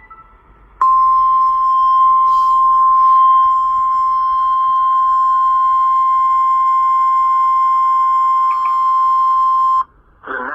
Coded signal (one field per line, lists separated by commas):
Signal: Emergency Alert System (SAME) tones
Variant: 1050 Hz attention tone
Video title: Severe Thunderstorm Warning on WXK85 (EAS Alert: #46) - 5/20/19